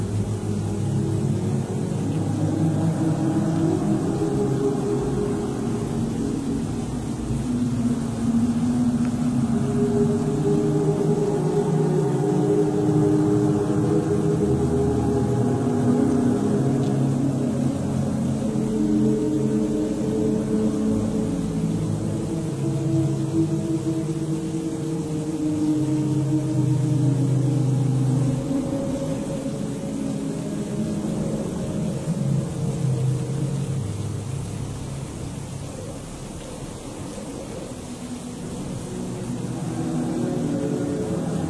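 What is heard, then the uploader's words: A stormy night ambience inside a monastery: a dense, steady low rumble of wind and weather, with slowly shifting moaning tones throughout. Stormy Night In A Medieval Monastery. Stormy ambience in a monastery.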